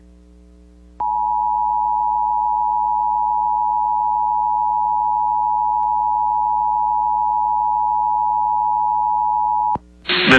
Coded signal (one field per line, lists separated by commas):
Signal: Emergency Alert System (SAME) tones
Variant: 853 and 960 Hz attention tone